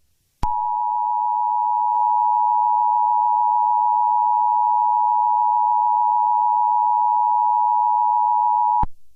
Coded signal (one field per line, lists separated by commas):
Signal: Emergency Alert System (SAME) tones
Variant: 853 and 960 Hz attention tone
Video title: (CRINGE WARNING) Some Roblox Train Crashes With EAS Scenarios